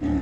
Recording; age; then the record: pig call; growing-finishing pig (85 days or more)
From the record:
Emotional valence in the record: negative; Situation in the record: barren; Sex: female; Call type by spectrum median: low-frequency call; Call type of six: low-frequency modulated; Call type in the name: low-frequency stable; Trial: 1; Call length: 0.22 s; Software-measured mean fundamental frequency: 41 Hz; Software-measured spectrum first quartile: 139 Hz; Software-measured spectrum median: 257 Hz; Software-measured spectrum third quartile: 334 Hz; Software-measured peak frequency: 289 Hz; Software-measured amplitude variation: 92 dB a second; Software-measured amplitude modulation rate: 15.6 a second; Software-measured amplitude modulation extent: 5.9 dB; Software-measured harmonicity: 3.4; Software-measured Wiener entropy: -0.72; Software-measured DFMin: 812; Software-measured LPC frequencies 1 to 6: 300, 1854, 3274, 3865, 5005, 6287 Hz